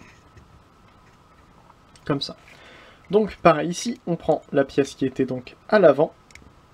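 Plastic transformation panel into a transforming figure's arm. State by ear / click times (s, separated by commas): not seated / none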